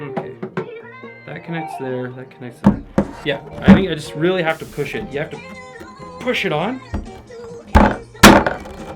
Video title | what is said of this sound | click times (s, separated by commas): Jashen M16 Floor Cleaner - What's In The Box? | yeah there we go okay nothing broke nothing broke you did hear a loud like kind of snap sound though | 8.2 s